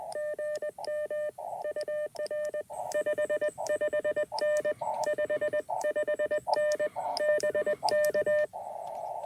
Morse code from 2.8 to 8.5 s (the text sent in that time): 55N 55N BK